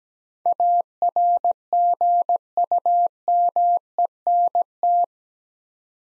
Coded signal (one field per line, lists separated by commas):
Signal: Morse code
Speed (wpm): 17 wpm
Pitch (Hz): 700 Hz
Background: none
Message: ARGUMENT